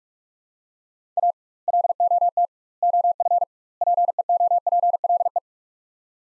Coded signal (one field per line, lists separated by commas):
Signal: Morse code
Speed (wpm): 42 wpm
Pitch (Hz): 700 Hz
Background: none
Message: A LOT OF PEOPLE